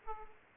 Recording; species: mosquito wingbeat signal from an infrared sensor; Aedes aegypti